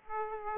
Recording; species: mosquito wingbeat signal from an infrared sensor; Aedes aegypti